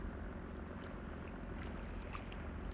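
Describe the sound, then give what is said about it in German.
A boat engine drones steadily on open water, a low continuous rumble with faint lapping and hiss over it, unbroken for the whole moment and with no voices. “Ich höre ihn.”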